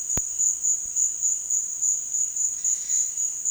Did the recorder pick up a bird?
yes